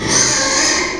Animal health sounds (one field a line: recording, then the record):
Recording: squeal of a Yucatan mini pig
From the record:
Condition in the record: before surgery on the right vocal fold (resection and tissue-engineered implant)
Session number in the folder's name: 1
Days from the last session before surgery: -3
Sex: male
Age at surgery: 12 weeks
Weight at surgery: 13 kg